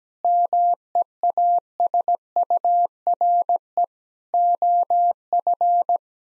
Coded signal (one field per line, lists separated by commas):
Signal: Morse code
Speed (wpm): 17 wpm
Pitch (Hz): 700 Hz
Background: none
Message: MEASURE OF